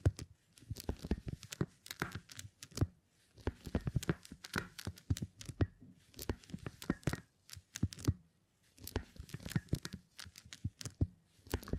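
Beeswax being handled for tingly sounds, with dense bursts of sharp crackling, sticky tearing and crinkling clicks. The activity comes in clusters with short quiet pauses near 3, 6 and 8 seconds, the sharp clicks reaching up bright over a softer low rustle.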